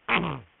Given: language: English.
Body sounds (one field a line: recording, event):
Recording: throat vibration sensor signal played as sound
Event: throat clearing